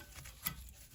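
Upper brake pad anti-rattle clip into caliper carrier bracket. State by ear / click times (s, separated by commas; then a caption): not seated / none. The upper metal brake pad anti-rattle clip is handled at the caliper carrier bracket during a front brake pad replacement on a Honda Jazz (Fit). There is a low background rumble with a few faint ticks and one brief sharp tick around 0.5 s. The clip has not snapped or seated into place yet.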